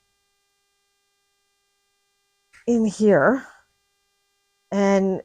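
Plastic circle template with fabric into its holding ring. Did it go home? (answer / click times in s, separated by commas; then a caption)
no / none. Fabric laid over a plastic quilting circle template is slid into its snap-together holding ring, with the sliding and lining up done before it seats. The first half is near silent, then someone talks around 2.6–3.6 s and again near 4.7–5.2 s. Nothing has seated or clicked yet.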